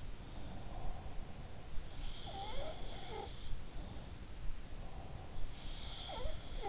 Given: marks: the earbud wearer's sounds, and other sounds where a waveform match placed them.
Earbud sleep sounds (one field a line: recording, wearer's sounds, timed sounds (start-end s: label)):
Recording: sounds in sleep by an in-ear microphone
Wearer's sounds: breath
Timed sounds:
0.00-1.00 s: sound from someone else or the room
0.23-1.84 s: breath
1.74-3.65 s: sound from someone else or the room
4.47-5.68 s: breath
4.99-6.68 s: sound from someone else or the room